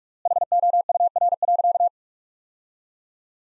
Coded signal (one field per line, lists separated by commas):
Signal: Morse code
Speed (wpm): 41 wpm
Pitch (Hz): 700 Hz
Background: none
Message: HOUR.